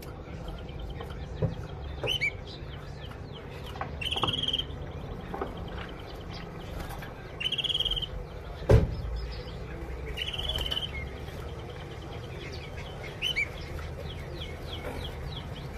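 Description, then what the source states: Canary calls: several short buzzy bursts at mid-high pitch, with scattered faint chirps over a steady low hum. Female canary.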